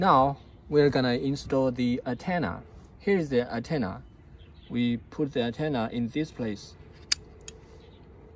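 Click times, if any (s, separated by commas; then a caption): 7.1 s. Someone talks while a GNSS antenna is pushed into its mount on a drone LiDAR system, which is to be pushed until it clicks and then fastened with a screw. A sharp click at 7.1 s, followed by a fainter tick at 7.5 s, marks the antenna seating in the mount.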